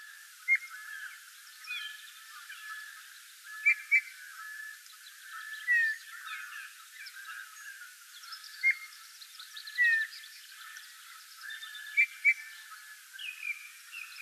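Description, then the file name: Eurasian Bullfinch giving short, soft piping whistles, single and paired, scattered throughout over a busy background of other small birds chirping and trilling. "Pyrrhula pyrrhula"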